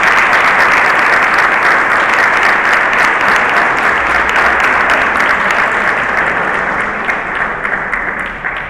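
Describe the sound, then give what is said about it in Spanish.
Sustained applause from a conference audience welcoming a priest to speak, a dense wash of many hands clapping at a steady, loud level for several seconds before tapering slightly toward the end, with no voices standing out. “Recibimos entonces con un fuerte aplauso al padre Horacio Bajor.”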